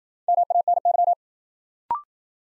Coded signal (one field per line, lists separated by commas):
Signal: Morse code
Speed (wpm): 53 wpm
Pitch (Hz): 700 Hz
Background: none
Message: MANY